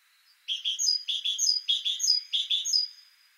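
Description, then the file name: Great tit song: a rapid series of four repeated phrases, each of two lower notes and a higher one, bright and ringing against a quiet background. "Parus major"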